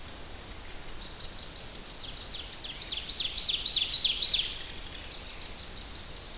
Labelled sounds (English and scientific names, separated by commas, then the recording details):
Ovenbird (Seiurus aurocapilla) song
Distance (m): 30 m
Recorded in boreal forest in Alberta, Canada, on 10 June 2016 at 08:55
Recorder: SongMeter 3, array SBT-3-39
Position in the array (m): 271 m, 158 m
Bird 19